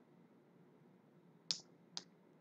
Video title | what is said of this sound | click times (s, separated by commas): Using an Optibelt Optikrik to Take a Belt Tension Reading | to press down with the object crack until you hear it click after the | 1.5 s